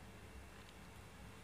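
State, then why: Not seated. The backrest of a baby rocker is handled as it is slid toward its socket at the back of the rocker frame, with soft rustling over a steady low hum. Nothing has seated or clicked yet.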